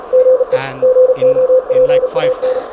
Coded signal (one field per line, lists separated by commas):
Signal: Morse code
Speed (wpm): 34 wpm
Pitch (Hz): 510 Hz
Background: speech, radio noise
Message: GE GOPAN